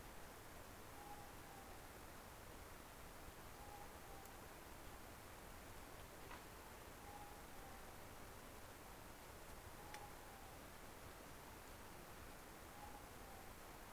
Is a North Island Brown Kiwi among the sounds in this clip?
no